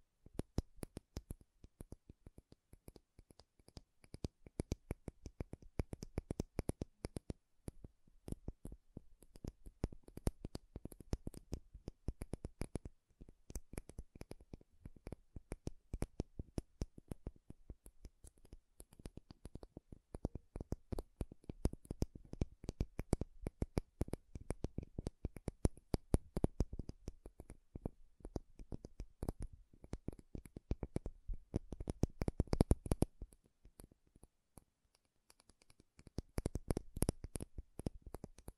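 Rapid tapping and scratching on makeup containers, dense bursts of sharp clicks that vary in intensity, briefly thinning around thirty-three seconds.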